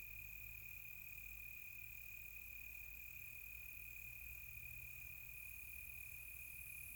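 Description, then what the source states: Crickets sing a steady, unbroken high trill, with a faint hiss above and a low rumble underneath. Crickets recorded close on a quiet tropical night.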